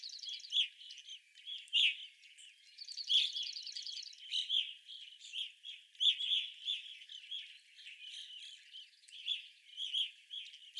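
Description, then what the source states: Evening grosbeak flock giving bright, slurred chirps in quick irregular bursts, with short buzzy trills at times. Several evening grosbeaks recorded on 25 April 2021.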